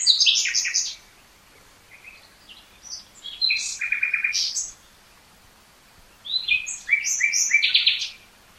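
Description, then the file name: Common nightingale delivering varied phrases with pauses between them, mixing high whistles, buzzy repeated notes and chattering runs. "Luscinia megarhynchos"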